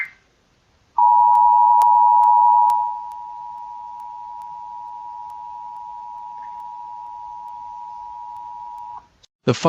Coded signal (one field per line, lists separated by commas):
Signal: Emergency Alert System (SAME) tones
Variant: 853 and 960 Hz attention tone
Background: speech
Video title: Eas eaa march 14 2017